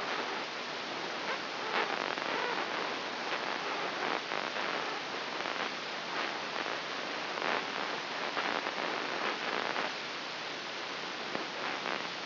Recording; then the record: brain microelectrode recording played as sound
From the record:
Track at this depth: inside the subthalamic nucleus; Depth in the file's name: 6.309 mm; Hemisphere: left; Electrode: 3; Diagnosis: Parkinson's disease